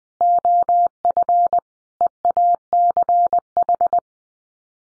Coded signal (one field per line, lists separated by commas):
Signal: Morse code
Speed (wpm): 19 wpm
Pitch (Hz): 700 Hz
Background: none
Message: OF EACH